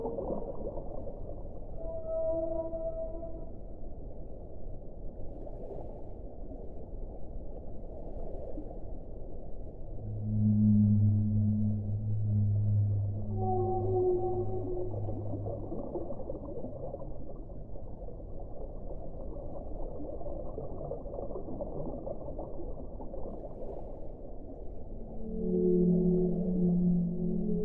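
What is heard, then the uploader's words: Whales sing underwater in long, low, drawn-out calls around ten and twenty-five seconds, with fainter higher tones drifting over a steady murky hiss. Underwater singing for relaxation. Whales.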